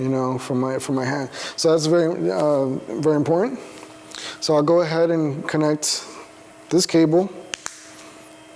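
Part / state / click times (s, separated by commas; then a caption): pogo pin cable into hand sensor socket / seated / 7.5 s. A pogo pin cable is pushed into the hand sensor socket of a Perception Neuron 2.0 motion-capture suit while someone talks. A small, sharp snap is heard at 7.5 s, followed by a second quieter click right after, and the connector is seated.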